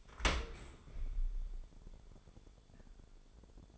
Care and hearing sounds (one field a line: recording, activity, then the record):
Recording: daily activity, microphone in the room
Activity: open dishwasher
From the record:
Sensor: 5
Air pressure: 1015.1 hPa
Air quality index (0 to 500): 112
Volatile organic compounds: 2 ppm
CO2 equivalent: 1201 ppm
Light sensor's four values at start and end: 34/79/32/31 and 35/79/32/32